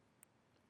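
A hook clip is pressed back into the body of a soft plastic swimbait after a fish is landed. It makes one short, sharp snap at 0.2 seconds over a quiet background. The clip is seated in the body, and the bait is ready to fish again.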